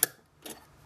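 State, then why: Seated. A bobbin case holding a threaded bobbin is pushed into a sewing machine's bobbin housing and snaps into place with a sharp, bright click at 0.03 s, followed by a softer, duller rustle around 0.5 s. The case is seated and no longer falls out.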